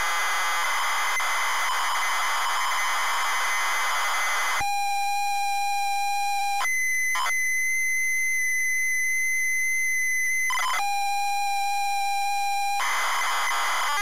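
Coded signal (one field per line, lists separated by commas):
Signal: ZX Spectrum tape loading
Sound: harsh hiss, then steady mid lead tone, then higher steady tone, lead tone again, hiss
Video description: ZX Spectrum load up and quick game play of Auf Wiedersehen Monty loaded up using a zx spectrum +3 with a wh smith cpd8300 cassette player.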